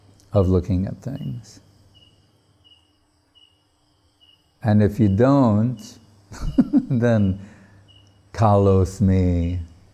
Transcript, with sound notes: of looking at things. And if you don't... [laughing] then... kalo 'smi...